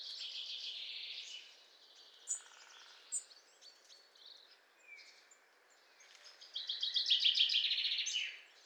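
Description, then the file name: Eurasian blackcap song: a scratchy warbled phrase opens, a few sharp single notes and a short whistle follow, and a louder rapid warbled phrase comes at the close. "Sylvia atricapilla"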